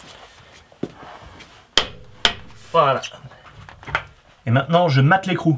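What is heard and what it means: On a Rodius, a large torque wrench rated to 350 Nm, set to 220 Nm (the middle of the 200–240 Nm spec), tightens the driveshaft (CV joint) nut on the rear wheel hub. Faint handling noises lead to a loud, sharp click at 1.8 s as the wrench reaches 220 Nm, followed by a second sharp transient at 2.3 s. Someone then talks.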